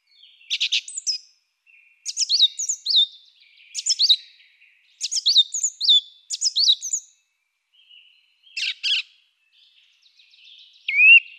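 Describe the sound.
Song thrush singing loud, varied phrases, short motifs repeated two or three times, with brief pauses between groups.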